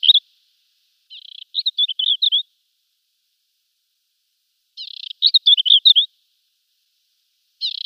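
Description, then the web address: African desert warbler song: two full high phrases, each beginning with a soft buzzy note followed by rapid chirpy warbles, separated by a couple of seconds of silence, with cut-off phrases at the start and end. "Schulze Peter African Desert Warbler"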